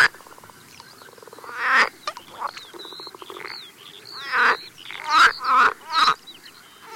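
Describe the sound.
Pool frog croaking: rapid pulsed rattling that swells into louder creaky bursts.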